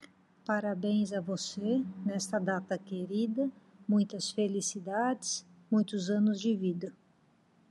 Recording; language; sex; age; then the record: short text; Brazilian Portuguese; female; 50 to 59 years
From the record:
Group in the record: control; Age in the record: 56 years